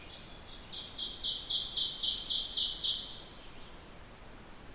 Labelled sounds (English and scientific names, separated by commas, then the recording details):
Ovenbird (Seiurus aurocapilla) song
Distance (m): 20 m
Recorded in boreal forest in Alberta, Canada, on 14 June 2016 at 06:36
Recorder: SongMeter 3, array SBT-3-33
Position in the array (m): 127 m, 36 m
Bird 21